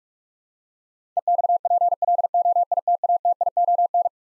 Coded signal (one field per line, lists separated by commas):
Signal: Morse code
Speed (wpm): 46 wpm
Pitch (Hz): 700 Hz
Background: none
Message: EXPLOITATION